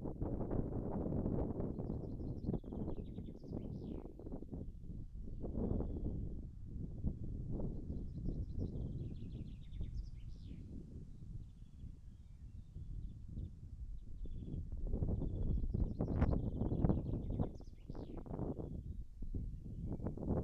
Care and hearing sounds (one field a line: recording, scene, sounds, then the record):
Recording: everyday scene through a hearing-aid microphone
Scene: wind on the microphone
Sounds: wind, birds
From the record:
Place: in front of a rural house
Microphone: behind the ear, right, front